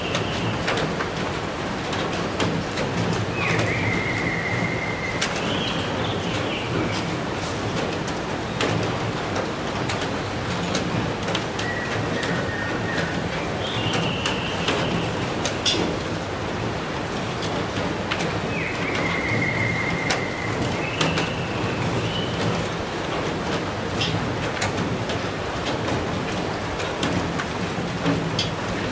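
Late-night rain pours in a dense, steady hiss with scattered drips, while a bird whistles short two-note calls a few times throughout.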